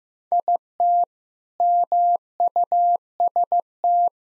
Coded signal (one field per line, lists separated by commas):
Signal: Morse code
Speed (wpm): 15 wpm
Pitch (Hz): 700 Hz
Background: none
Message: IT MUST